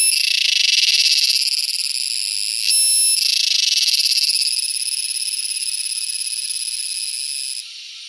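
Purana sagittata cicada singing a loud, continuous pulsing buzz, interrupted once by a brief, purer whistled tone before the rapid buzzing resumes, then drops quieter near the end.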